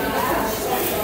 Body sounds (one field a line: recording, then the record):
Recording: background sound without coughing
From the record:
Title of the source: 40 min - Ambience sounds UNIVERSITY lunchroom chatting